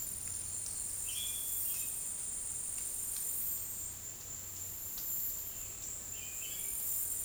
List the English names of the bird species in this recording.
none